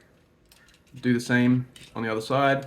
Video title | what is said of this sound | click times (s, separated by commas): Transformers Review! Rise of the Beasts Optimus Prime 🚛 | in here until it clicks in. | 0.5 s